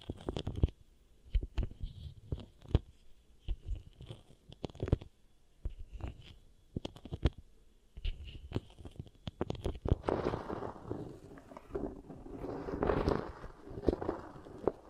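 Soft, sticky crackles and squishes of beeswax being pressed and worked, arriving in short irregular bursts with brief pauses between. After about ten seconds the sounds thicken into denser, more continuous crinkling and rubbing. A faint steady high tone sits underneath throughout.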